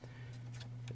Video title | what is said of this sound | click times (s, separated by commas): Marx Trains Switch Track: Function and Repair Part 1 | that pulls all the way over, like it's supposed to, you hear it almost clicks in, the track is locked. | 0.9 s